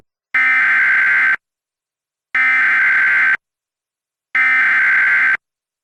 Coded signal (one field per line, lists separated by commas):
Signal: Emergency Alert System (SAME) tones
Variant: header bursts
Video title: EAS Reenactment Mock: SVR for Jim Hogg, TX and Zapata, TX (w/ IPAWS & EMnet) - 05/03/2019